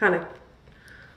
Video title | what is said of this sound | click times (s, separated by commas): February Favorites! | well, it didn't really click, but | none